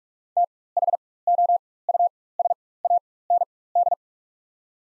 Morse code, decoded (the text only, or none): THOUSAND